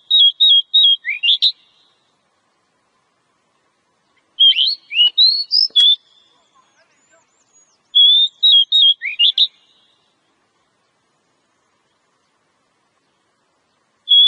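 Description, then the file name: Oriental magpie-robin repeating bright whistled phrases of rapid notes, with a few faint clicks between bursts. Female; Indonesian name kacer. "Suara kacer betina"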